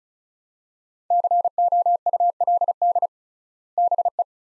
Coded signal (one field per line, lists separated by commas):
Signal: Morse code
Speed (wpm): 34 wpm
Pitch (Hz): 700 Hz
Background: none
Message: COULD BE